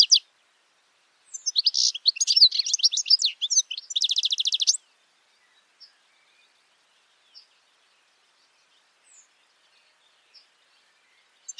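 Bird song in one burst early on, fast chirps and an even trill, followed by a long quiet stretch with only a few faint scattered chips.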